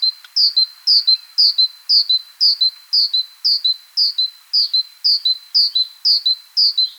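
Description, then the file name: Great tit giving clear high notes repeated steadily about twice a second, each a short sharp chirp, throughout with no other sounds. "Parus major"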